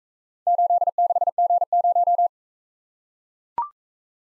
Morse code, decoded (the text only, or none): 86G0